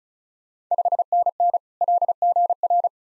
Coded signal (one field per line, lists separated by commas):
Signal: Morse code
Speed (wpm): 36 wpm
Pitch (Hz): 700 Hz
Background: none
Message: 5NN LGR